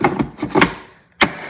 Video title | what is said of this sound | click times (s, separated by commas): Best DEWALT 20V MAX Cordless Shop Vac Wet Dry | pop it in there. | 1.2 s